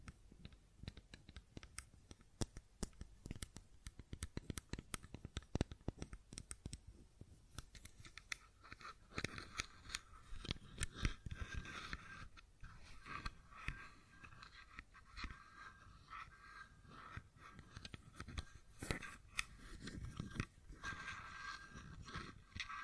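A fidget cube is tapped and clicked in a rapid, irregular stream of sharp, dry clicks for the full length. The clicks come in dense clusters with brief gaps, some louder snaps standing out around 5 and 11 seconds, and a light scratchy rubbing between them.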